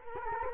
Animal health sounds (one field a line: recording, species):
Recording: mosquito wingbeat signal from an infrared sensor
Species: Culex quinquefasciatus